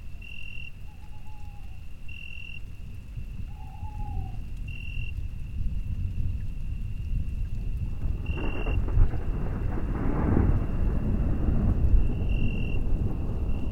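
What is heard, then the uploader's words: Low, rolling thunder rumbles throughout, slowly growing louder toward the end, with a patch of rain hiss around ten seconds. A thin, steady high tone runs underneath, swelling into brief chirps every few seconds, and two soft whistles come early on. SUMMER NIGHT THUNDER • A Quiet Rain & Thunder in Beaujolais.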